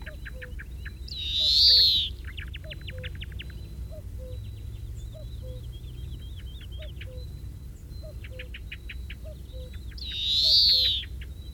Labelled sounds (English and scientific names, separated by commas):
European Greenfinch (Chloris chloris) song